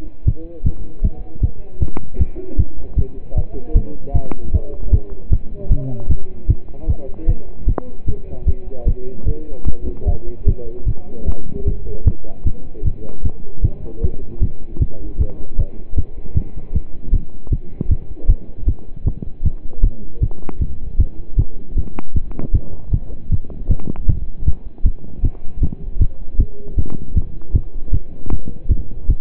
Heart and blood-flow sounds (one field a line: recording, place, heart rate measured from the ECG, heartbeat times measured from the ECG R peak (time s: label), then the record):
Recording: heart sounds by stethoscope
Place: between the tricuspid and mitral areas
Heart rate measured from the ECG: 154 bpm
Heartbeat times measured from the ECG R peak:
0.26 s: heartbeat
0.65 s: heartbeat
1.03 s: heartbeat
1.42 s: heartbeat
1.81 s: heartbeat
2.19 s: heartbeat
2.58 s: heartbeat
2.97 s: heartbeat
3.36 s: heartbeat
3.75 s: heartbeat
4.14 s: heartbeat
4.53 s: heartbeat
4.92 s: heartbeat
5.32 s: heartbeat
5.71 s: heartbeat
6.10 s: heartbeat
6.49 s: heartbeat
6.88 s: heartbeat
7.28 s: heartbeat
7.67 s: heartbeat
8.07 s: heartbeat
8.47 s: heartbeat
8.87 s: heartbeat
9.27 s: heartbeat
9.67 s: heartbeat
10.07 s: heartbeat
10.47 s: heartbeat
10.87 s: heartbeat
11.27 s: heartbeat
11.66 s: heartbeat
12.06 s: heartbeat
12.46 s: heartbeat
12.85 s: heartbeat
13.24 s: heartbeat
13.63 s: heartbeat
14.02 s: heartbeat
14.41 s: heartbeat
14.81 s: heartbeat
15.20 s: heartbeat
15.58 s: heartbeat
15.97 s: heartbeat
16.36 s: heartbeat
16.74 s: heartbeat
17.13 s: heartbeat
17.52 s: heartbeat
17.90 s: heartbeat
18.29 s: heartbeat
18.67 s: heartbeat
19.06 s: heartbeat
19.44 s: heartbeat
19.83 s: heartbeat
20.22 s: heartbeat
20.60 s: heartbeat
20.99 s: heartbeat
21.38 s: heartbeat
21.77 s: heartbeat
22.15 s: heartbeat
22.54 s: heartbeat
22.93 s: heartbeat
23.31 s: heartbeat
23.70 s: heartbeat
24.08 s: heartbeat
24.46 s: heartbeat
24.85 s: heartbeat
25.24 s: heartbeat
25.62 s: heartbeat
26.00 s: heartbeat
26.39 s: heartbeat
26.77 s: heartbeat
27.16 s: heartbeat
27.54 s: heartbeat
27.93 s: heartbeat
28.31 s: heartbeat
28.70 s: heartbeat
29.09 s: heartbeat
From the record:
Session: pedaling a stationary bicycle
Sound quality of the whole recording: partially saturated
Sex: male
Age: 27 years